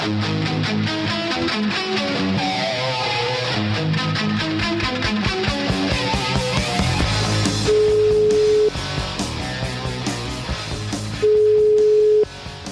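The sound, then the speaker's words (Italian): Busy music plays at first, then a telephone ringing tone sounds twice as a call is placed: a steady, mid-pitched beep about a second long each time, with a few seconds' pause between them. “Aspetta un attimo, aspetta, che voglio fare una telefonata, aspetta.”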